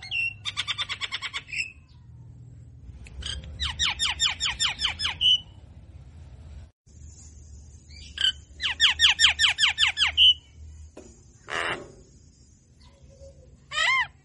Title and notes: Pancingin Dengan Suara Khas Jalak Kebo Gacor Mangut Mangugut. Kicau Jalak Kebo